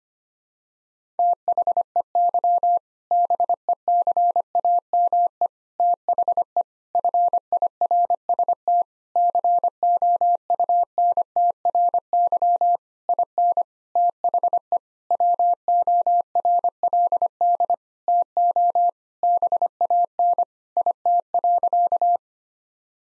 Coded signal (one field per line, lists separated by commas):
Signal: Morse code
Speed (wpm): 25 wpm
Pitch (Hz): 700 Hz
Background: none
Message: THEY BECAME THE FIRST COUNTRY IN THE WORLD TO BAN IT.